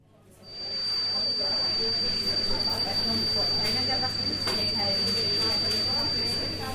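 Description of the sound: Steady high-pitched ringing tone over cafe chatter, a simulation of tinnitus that grows louder as the surroundings get noisier, making it increasingly difficult to follow a friend's conversation.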